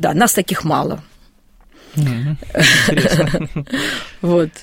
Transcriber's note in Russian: Смеется